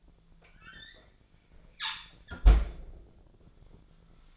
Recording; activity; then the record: daily activity, microphone in the room; close fridge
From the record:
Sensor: 5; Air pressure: 1009.8 hPa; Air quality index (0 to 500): 163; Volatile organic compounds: 4 ppm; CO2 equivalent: 1584 ppm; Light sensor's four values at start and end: 108/278/115/122 and 108/279/115/123